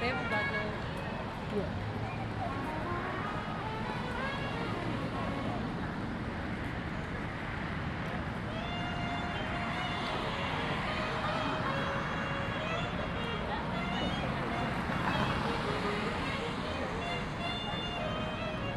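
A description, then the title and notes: A walk around Lake Eola Park in Orlando, Florida, with steady murmuring voices and a low rumble of passing traffic throughout. Occasional bird chirps and brief clearer voices rise over the constant crowd chatter, which stays dense and even for the whole stretch. A Walk Around Lake Eola Park (Orlando, Florida).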